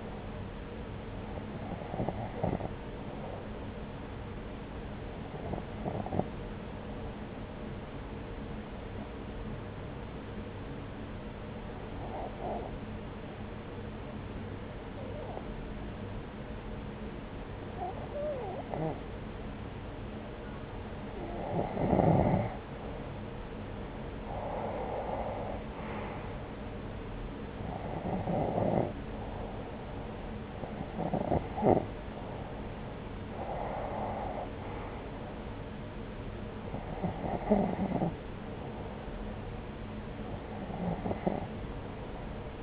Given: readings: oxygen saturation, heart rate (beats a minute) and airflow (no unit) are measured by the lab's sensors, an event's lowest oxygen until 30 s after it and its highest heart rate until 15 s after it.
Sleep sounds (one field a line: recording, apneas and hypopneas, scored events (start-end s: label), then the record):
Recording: breathing in sleep by a voice recorder at the bedside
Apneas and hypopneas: 1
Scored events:
6.00-34.00 s: hypopnea (N1, oxygen 94% highest, then 89% lowest)
From the record:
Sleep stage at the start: N1 (lightest sleep)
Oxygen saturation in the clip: 89 to 94%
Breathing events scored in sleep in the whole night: 303 in 8.1 hours asleep